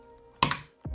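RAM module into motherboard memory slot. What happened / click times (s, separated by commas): The memory module's retention clips clicked shut / 0.4 s, 0.5 s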